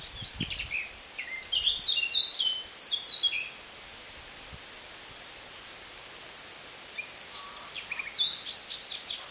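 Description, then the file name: Eurasian blackcap song: a rapid, jumbled warble for a few seconds, a pause of about three seconds, then a fainter warbled phrase returns. "Sylvia atricapilla"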